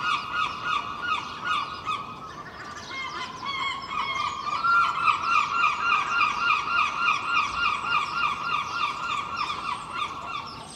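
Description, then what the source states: Gull calling in a long, fast series of harsh, nasal yelping notes, about three a second, growing louder after a few seconds. Early morning, Filey, April 2023; recorded from a second-storey window with Clippy microphones and a Roland R-07; other birds present.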